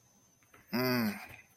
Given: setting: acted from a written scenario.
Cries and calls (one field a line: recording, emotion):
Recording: vocal sound without words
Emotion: desire